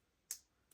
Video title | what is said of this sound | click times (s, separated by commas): Armourer Works G18C Repair | There you go. If you get that right, it will snap in place. It's quite satisfying. | 0.3 s